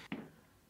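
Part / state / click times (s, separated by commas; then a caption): RAM module into motherboard memory slot / seated / 0.1 s. A RAM stick is pressed on both sides into a motherboard DIMM slot. It gives a sharp click at 0.1 s as the retention tabs lock, leaving it seated, and a faint tick follows near the end.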